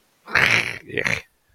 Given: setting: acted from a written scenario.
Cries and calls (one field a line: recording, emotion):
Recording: vocal sound without words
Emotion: contempt